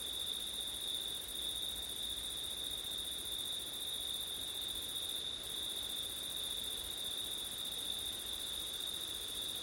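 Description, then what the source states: Cricket chorus: an unbroken, high-pitched ringing trill that holds steady throughout, with a shimmering pulsed layer higher still and faint background hiss. Crickets on a windy September night; ortif recording.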